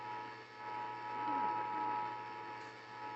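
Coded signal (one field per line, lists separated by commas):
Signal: Emergency Alert System (SAME) tones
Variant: 853 and 960 Hz attention tone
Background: speech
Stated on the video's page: Real EAS tones from severe weather alerts.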